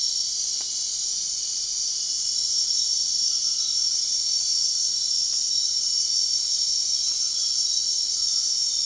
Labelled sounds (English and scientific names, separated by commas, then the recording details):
none
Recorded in dense forest near Puerto Asís, Putumayo, Colombia, on 21 March 2025 at 22:30
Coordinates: 0.499, -76.324
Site GP03